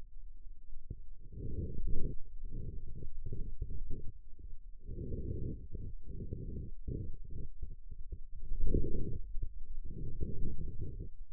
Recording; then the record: forearm muscle sounds (acoustic myography)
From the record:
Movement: pen grasping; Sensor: system 2, bracelet of six BSWA MPA416 microphones around the upper forearm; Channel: 6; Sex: male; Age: 22 years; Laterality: right